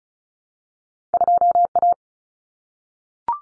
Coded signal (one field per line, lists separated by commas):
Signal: Morse code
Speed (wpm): 34 wpm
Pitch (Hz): 700 Hz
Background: none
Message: 2A